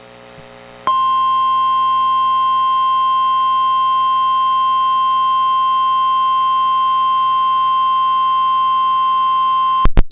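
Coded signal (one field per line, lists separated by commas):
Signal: Emergency Alert System (SAME) tones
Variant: 1050 Hz attention tone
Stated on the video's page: Special marine warning relayed by NOAA weather radio station KEC91 in Astoria, recorded directly from a Reecom R-1630 weather radio into a computer microphone jack.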